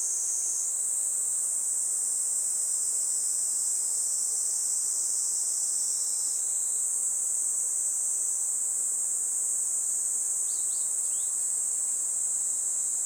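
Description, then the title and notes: Kaempfer cicadas buzzing steadily and shrilly throughout, with a short flurry of bird chirps near eleven seconds. Chorus of many Kaempfer cicadas in a forest by the Tama River, Japan, as they began singing in summer, a pleasant noise heralding summer; birds also calling. "多摩川の森、ニイニイゼミたちの合唱"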